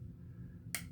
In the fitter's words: yeah snaps right in that hat stop nicely